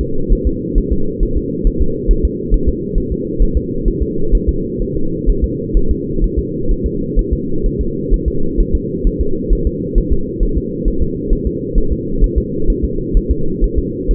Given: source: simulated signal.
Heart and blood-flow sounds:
fetal heart sounds
0.01 s: S2
0.33 s: S1
0.47 s: S2
0.78 s: S1
0.92 s: S2
1.23 s: S1
1.37 s: S2
1.67 s: S1
1.82 s: S2
2.11 s: S1
2.25 s: S2
2.54 s: S1
2.68 s: S2
2.98 s: S1
3.12 s: S2
3.42 s: S1
3.57 s: S2
3.88 s: S1
4.02 s: S2
4.35 s: S1
4.49 s: S2
4.82 s: S1
4.96 s: S2
5.29 s: S1
5.44 s: S2
5.77 s: S1
5.91 s: S2
6.24 s: S1
6.38 s: S2
6.71 s: S1
6.86 s: S2
7.19 s: S1
7.33 s: S2
7.66 s: S1
7.81 s: S2
8.14 s: S1
8.28 s: S2
8.60 s: S1
8.75 s: S2
9.07 s: S1
9.21 s: S2
9.53 s: S1
9.67 s: S2
9.98 s: S1
10.12 s: S2
10.43 s: S1
10.57 s: S2
10.88 s: S1
11.02 s: S2
11.33 s: S1
11.47 s: S2
11.78 s: S1
11.92 s: S2
12.24 s: S1
12.38 s: S2
12.70 s: S1
12.84 s: S2
13.17 s: S1
13.31 s: S2
13.64 s: S1
13.78 s: S2
14.11 s: S1
From the record:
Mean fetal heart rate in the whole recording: 130 bpm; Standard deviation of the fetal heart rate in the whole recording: 4 bpm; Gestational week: 38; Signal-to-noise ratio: -8.1 dB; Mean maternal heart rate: 72 bpm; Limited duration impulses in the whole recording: absent

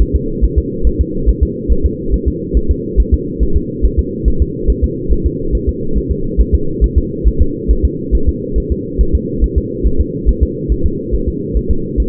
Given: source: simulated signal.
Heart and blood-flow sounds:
fetal heart sounds
0.02 s: S1
0.16 s: S2
0.44 s: S1
0.58 s: S2
0.87 s: S1
1.01 s: S2
1.29 s: S1
1.43 s: S2
1.72 s: S1
1.86 s: S2
2.14 s: S1
2.28 s: S2
2.57 s: S1
2.71 s: S2
3.00 s: S1
3.14 s: S2
3.43 s: S1
3.57 s: S2
3.85 s: S1
3.99 s: S2
4.28 s: S1
4.42 s: S2
4.70 s: S1
4.84 s: S2
5.12 s: S1
5.26 s: S2
5.55 s: S1
5.69 s: S2
5.98 s: S1
6.12 s: S2
6.41 s: S1
6.55 s: S2
6.84 s: S1
6.98 s: S2
7.28 s: S1
7.42 s: S2
7.71 s: S1
7.85 s: S2
8.15 s: S1
8.29 s: S2
8.58 s: S1
8.72 s: S2
9.01 s: S1
9.15 s: S2
9.44 s: S1
9.58 s: S2
9.87 s: S1
10.01 s: S2
10.29 s: S1
10.43 s: S2
10.72 s: S1
10.86 s: S2
11.15 s: S1
11.28 s: S2
11.57 s: S1
11.71 s: S2
12.00 s: S1
From the record:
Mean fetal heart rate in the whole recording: 140 bpm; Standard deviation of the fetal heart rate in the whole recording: 2 bpm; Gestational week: 34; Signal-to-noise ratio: -8.1 dB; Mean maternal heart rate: 72 bpm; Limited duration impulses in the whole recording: absent

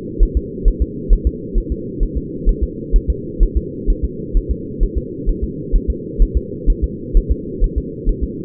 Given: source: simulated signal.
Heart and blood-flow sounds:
fetal heart sounds
0.23 s: S1
0.37 s: S2
0.68 s: S1
0.82 s: S2
1.13 s: S1
1.27 s: S2
1.58 s: S1
1.72 s: S2
2.03 s: S1
2.17 s: S2
2.49 s: S1
2.63 s: S2
2.96 s: S1
3.10 s: S2
3.43 s: S1
3.57 s: S2
3.90 s: S1
4.05 s: S2
4.37 s: S1
4.51 s: S2
4.83 s: S1
4.98 s: S2
5.29 s: S1
5.44 s: S2
5.76 s: S1
5.90 s: S2
6.22 s: S1
6.37 s: S2
6.70 s: S1
6.84 s: S2
7.17 s: S1
7.31 s: S2
7.64 s: S1
7.78 s: S2
8.09 s: S1
8.24 s: S2
From the record:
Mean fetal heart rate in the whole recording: 130 bpm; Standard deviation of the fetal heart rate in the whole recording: 4 bpm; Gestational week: 38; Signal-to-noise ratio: -4.1 dB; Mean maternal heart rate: no maternal heart sound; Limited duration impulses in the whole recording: absent

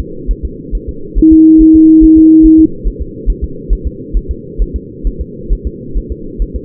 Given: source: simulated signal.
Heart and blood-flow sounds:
fetal heart sounds
0.00 s: S2
0.31 s: S1
0.45 s: S2
0.75 s: S1
0.89 s: S2
1.19 s: S1
1.33 s: S2
1.61 s: S1
1.76 s: S2
2.04 s: S1
2.18 s: S2
2.46 s: S1
2.60 s: S2
2.87 s: S1
3.02 s: S2
3.30 s: S1
3.44 s: S2
3.73 s: S1
3.87 s: S2
4.17 s: S1
4.31 s: S2
4.62 s: S1
4.76 s: S2
5.07 s: S1
5.21 s: S2
5.53 s: S1
5.67 s: S2
5.97 s: S1
6.12 s: S2
6.42 s: S1
6.56 s: S2
From the record:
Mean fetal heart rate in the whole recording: 135 bpm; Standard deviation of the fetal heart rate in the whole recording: 3 bpm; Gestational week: 36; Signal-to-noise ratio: -4.3 dB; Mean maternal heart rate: 72 bpm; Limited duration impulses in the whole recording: present

